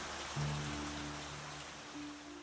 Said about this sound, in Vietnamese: Mưa vẫn xối xả rơi, cột rửa những mảnh kính vỡ vụn vương vãi trên mặt đường.